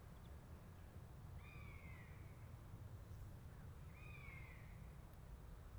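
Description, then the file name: Buzzard mews, two thin drawn-out falling cries, faint against a strong steady low rumble. A pair of buzzards. "jl buzzard pair"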